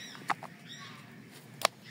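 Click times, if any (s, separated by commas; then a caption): 1.6 s. A small fixed-blade knife, just tested on newspaper, is pushed into its sheath until it clicks into the retention. Two softer ticks come at 0.3 and 0.45 seconds, then a sharp, loud click at 1.7 seconds as the knife seats in the sheath.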